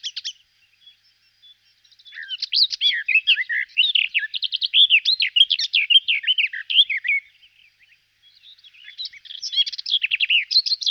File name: sylvia borin